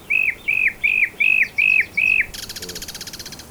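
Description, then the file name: Common nightingale song: six loud, clear whistled notes repeated about two and a half times a second, each slurring down, then a rapid dry rattling buzz to the end. "Luscinia megarhynchos"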